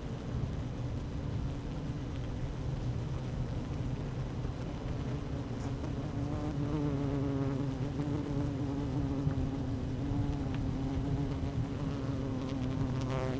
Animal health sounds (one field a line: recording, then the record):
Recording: honeybee colony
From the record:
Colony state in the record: active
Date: 12 June 2018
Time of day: 12:01